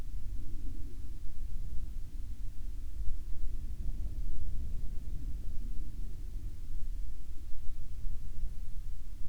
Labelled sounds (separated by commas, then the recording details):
aircraft
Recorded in the Prudhoe Bay oil fields, Alaska, on 18 July 2019 at 00:57
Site 14